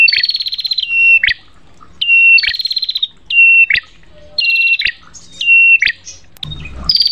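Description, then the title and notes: Prinia song: repeated phrases of a buzzy trill sliding into a flat whistle and a sharp upward note, with a short rustle near the end. Prenjak song used for bird training ('masteran' therapy). "Masteran Terapi Prenjak. Burung Prenjak"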